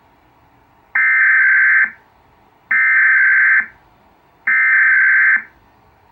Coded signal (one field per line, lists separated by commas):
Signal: Emergency Alert System (SAME) tones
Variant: header bursts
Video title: EAS - TN Required Monthly Test - 09 December 2025